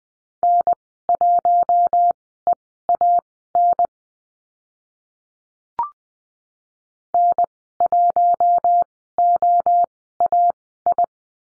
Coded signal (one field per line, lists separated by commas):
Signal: Morse code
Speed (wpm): 20 wpm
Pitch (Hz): 700 Hz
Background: none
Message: N1EAN N1OAI